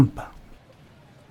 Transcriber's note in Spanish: Sonido de tinitus